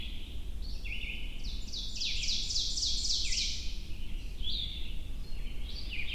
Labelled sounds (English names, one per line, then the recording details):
Ovenbird song
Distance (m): 30 m
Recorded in boreal forest in Alberta, Canada, on 22 June 2016 at 05:03
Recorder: SongMeter 3, array SBT-6-76
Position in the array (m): 150 m, 114 m
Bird 3